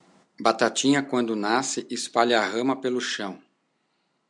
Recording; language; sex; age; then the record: short text; Brazilian Portuguese; male; 50 to 59 years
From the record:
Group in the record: control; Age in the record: 56 years